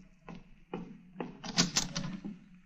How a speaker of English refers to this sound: Good. Open the door, will you, to the waiting room? Well, all right.